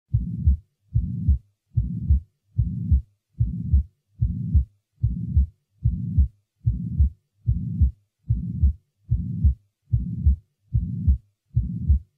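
Regular low-pitched heart sounds at about 73 beats a minute, with a sustained rumbling noise filling each beat between the heart sounds: a holosystolic murmur, a murmur lasting through the whole of systole.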